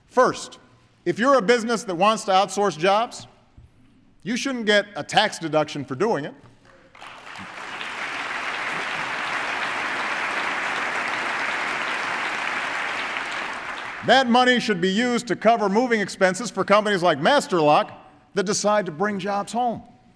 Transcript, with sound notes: First, if you’re a business that wants to outsource jobs, you shouldn’t get a tax deduction for doing it. (Applause.) That money should be used to cover moving expenses for companies like Master Lock that decide to bring jobs home.